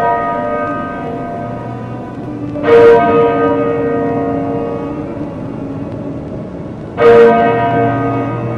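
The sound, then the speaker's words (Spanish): A church bell tolls twice, each strike a loud bright clang with a long humming resonance that lingers, slow and evenly spaced, with no voices. “cuentan que año tras año, el Viernes Santo a las 3 de la tarde, cuando las campanas de las iglesias quedan mudas por la muerte de nuestro amo, el Señor Jesucristo, el diablo repica a todo gusto la campana que robó en nuestra parroquia, mija.”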